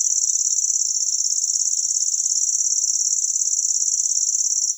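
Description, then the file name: Lanceolated warbler giving a sustained, very high, rapidly pulsing reel, even in pitch and loudness throughout, like a cricket's trill. "Sverchok pjatnistyj"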